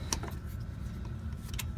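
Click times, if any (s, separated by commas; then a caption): 0.1 s. Working by hand from underneath the front suspension of a 1948 Chrysler Windsor, a fuel line fitting is fitted onto the right screw of the fuel pump during a fuel pump replacement. A sharp click at 0.1 s marks the fitting seating into position, followed by faint light taps around 0.2–0.3 s and 1.5–1.6 s over a low steady background hum. The fitting is seated and can then be maneuvered further.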